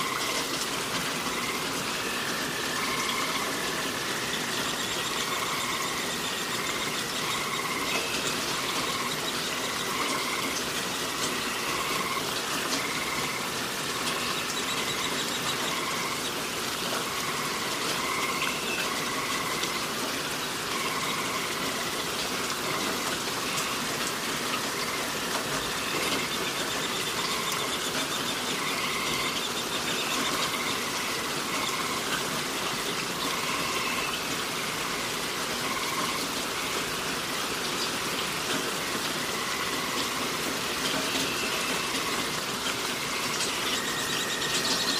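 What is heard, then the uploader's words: Steady, dense rain hisses evenly throughout, bright, with faint repeating chirps or tones in the forest. Relaxing Rain Sounds & Forest Ambience.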